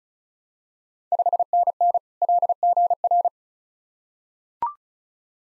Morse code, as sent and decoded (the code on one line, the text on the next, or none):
..... -. -. / .-.. --. .-.
5NN LGR